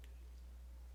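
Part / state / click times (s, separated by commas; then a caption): GPS bike computer into handlebar mount cradle / not seated / none. A GPS bike computer is handled against the plastic cradle of a RockBros out-front handlebar mount for Garmin and GoPro. There is a faint, short tick at 0.0 s over a steady low hum. The computer has not yet clicked into the cradle, and nothing has seated.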